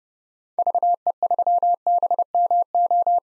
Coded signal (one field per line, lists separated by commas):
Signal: Morse code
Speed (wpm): 30 wpm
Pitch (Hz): 700 Hz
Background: none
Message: VE3BMO